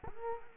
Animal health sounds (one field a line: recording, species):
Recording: mosquito wingbeat signal from an infrared sensor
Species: Culex quinquefasciatus